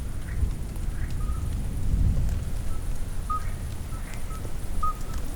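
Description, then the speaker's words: Toads calling, short clear piping notes repeated at irregular intervals over a steady rumble of rain and dripping water, with a swell of low thunder-like noise midway. Chorus of toads filling the night just after a thunderstorm ends, among falling water droplets, in garrigue on Mont Lozère. "Et le bal du chant des crapauds."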